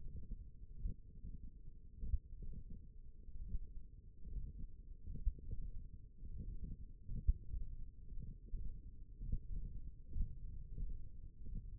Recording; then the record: forearm muscle sounds (acoustic myography)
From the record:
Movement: thumb flexion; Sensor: system 1, eight BSWA MPA416 microphones around the upper forearm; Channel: 1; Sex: male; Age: 42 years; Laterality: right